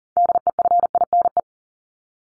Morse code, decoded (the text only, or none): DEFINE